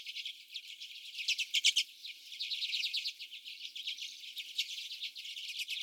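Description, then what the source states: Common redpolls calling together, a run of sharp chips peaking early, then steady overlapping dry twittering. More than one common redpoll.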